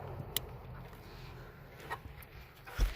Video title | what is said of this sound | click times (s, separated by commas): Subaru svx ignition switch install | Here's a nice satisfying click. | 0.4 s